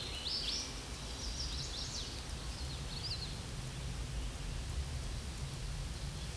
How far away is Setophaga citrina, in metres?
about 35 m